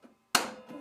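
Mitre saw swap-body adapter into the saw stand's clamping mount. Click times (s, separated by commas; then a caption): 0.3 s. The front clamping lever on a Metabo KGS 305 M mitre saw's swap-body adapter is turned, locking the adapter into the saw stand's clamping mount. After a faint low rustle, a sharp, loud snap at 0.35 s rings out and decays, followed by a softer rise near 0.7 s. The adapter snaps into place and is seated.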